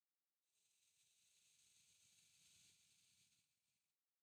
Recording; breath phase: one breath near a microphone; exhalation